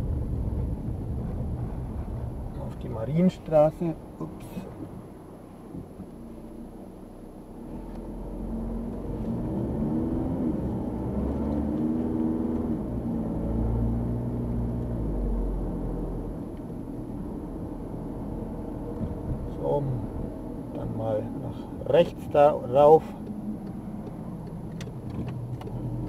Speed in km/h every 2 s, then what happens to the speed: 16, 6, 0, 0, 19, 27, 35, 35, 33, 34, 32, 25, 14.
0-3 brakes to 0. 3-7 standing. 7-13 pulls away to 35. 13-20 steady at about 33. 20-24 brakes to 14.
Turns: none.